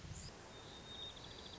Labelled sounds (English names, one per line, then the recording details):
White-crowned Sparrow
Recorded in Sonoma County, California